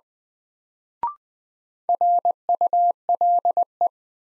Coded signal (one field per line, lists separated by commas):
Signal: Morse code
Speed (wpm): 20 wpm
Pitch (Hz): 700 Hz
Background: none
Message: RULE